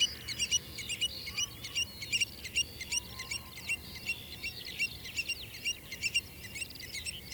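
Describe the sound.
Bird song of high, thin chirps and twitters in quick bursts, repeated many times over several seconds against a faint low background hiss.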